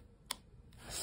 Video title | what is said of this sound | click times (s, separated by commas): CENTAURUS BF + RDA SOLO Peut-être la meilleure BF à ce jour ! | Le clic est en place, notre bouteille est en place. | 0.3 s